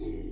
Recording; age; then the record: pig call; weaner (32 to 43 days)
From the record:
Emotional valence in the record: positive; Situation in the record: positive conditioning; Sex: female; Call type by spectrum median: low-frequency call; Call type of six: low-frequency stable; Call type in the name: low-frequency stable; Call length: 0.32 s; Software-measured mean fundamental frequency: 37 Hz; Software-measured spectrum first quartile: 43 Hz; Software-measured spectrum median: 213 Hz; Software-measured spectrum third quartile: 358 Hz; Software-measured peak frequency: 329 Hz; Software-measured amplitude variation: 125 dB a second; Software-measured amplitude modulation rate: 34.2 a second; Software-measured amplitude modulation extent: 3.7 dB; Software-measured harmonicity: 3.3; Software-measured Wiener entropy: -0.21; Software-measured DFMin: 1100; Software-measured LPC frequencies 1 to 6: 347, 2152, 2700, 3632, 6776, 7607 Hz